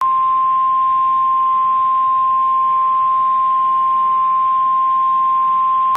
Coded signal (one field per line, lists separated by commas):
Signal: Emergency Alert System (SAME) tones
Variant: 1050 Hz attention tone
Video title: EAS Alert Ohio Severe Thunderstorm Warning